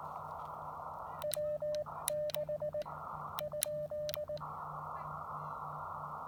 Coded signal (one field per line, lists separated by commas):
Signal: Morse code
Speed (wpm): 18 wpm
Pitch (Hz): 600 Hz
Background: none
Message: W6 ?